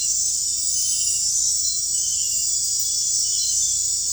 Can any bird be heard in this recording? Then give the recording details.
no. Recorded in dense forest near Puerto Asís, Putumayo, Colombia, on 16 December 2024 at 20:30. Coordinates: 0.466, -76.327. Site G075